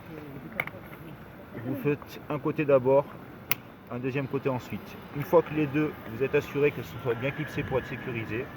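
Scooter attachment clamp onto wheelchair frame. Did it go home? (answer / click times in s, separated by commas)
yes / 0.6 s, 0.7 s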